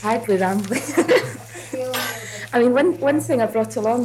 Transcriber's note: laughs